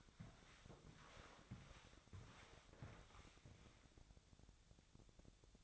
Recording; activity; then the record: daily activity, microphone in the room; walk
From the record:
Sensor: 3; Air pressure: 1000.5 hPa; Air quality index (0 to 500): 169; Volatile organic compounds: 3 ppm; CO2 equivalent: 1472 ppm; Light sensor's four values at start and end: 17/45/18/20 and 17/45/18/20